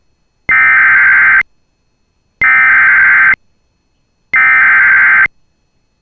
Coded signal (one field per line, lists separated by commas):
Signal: Emergency Alert System (SAME) tones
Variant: header bursts